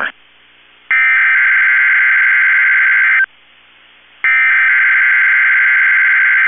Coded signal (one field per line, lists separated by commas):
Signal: Emergency Alert System (SAME) tones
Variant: header bursts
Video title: Tests Galore (EAS 673-684)